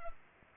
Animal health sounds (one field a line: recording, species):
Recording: mosquito wingbeat signal from an infrared sensor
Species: Culex pipiens